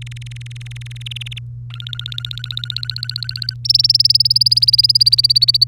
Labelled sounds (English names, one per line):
Domestic Canary song